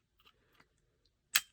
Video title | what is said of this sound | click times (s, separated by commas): NEW Glock 19 Gen 5 Unboxing & First Impressions - Warrior Series | You hear the little click. | 1.4 s